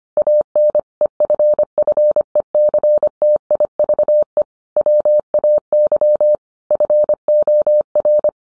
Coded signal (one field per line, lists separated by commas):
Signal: Morse code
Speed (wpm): 25 wpm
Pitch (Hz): 600 Hz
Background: none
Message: AN EFFECTIVE WAY FOR